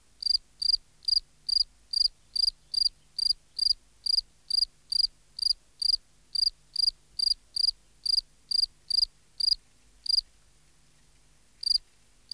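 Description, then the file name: Field cricket singing a long run of rapid, regular chirps, a short pause after ten seconds, then the chirping resumes. "Gryllus campestris"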